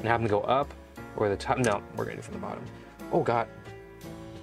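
An internal cable connector is being handled at a PC motherboard or case header during a PC build. Someone talks over background music, and the connector has not yet seated or clicked.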